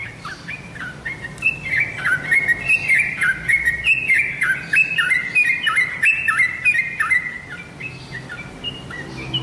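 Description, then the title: Oriental magpie-robin song: a run of whistled notes, each with a quick upward flick and a downward slur, carrying on for the whole stretch with faint low hum beneath. "Kicau Kacer"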